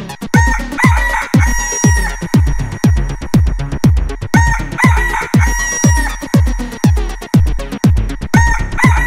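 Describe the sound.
Rooster crowing, a drawn-out harmonic cock-a-doodle-doo repeated several times over a loud, steady thumping beat pulsing twice a second.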